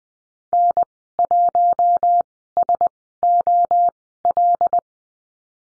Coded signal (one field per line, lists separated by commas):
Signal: Morse code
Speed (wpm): 20 wpm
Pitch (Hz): 700 Hz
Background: none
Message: N1SOL